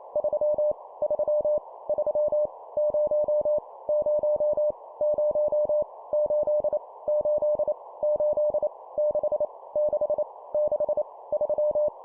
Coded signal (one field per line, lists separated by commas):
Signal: Morse code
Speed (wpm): 28 wpm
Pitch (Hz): 600 Hz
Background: none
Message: 3 3 3 0 0 0 8 8 8 6 6 6 3